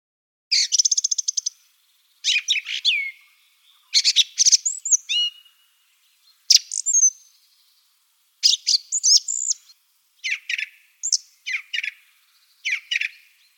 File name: Drozd pevchij Turdus philomelos - Penie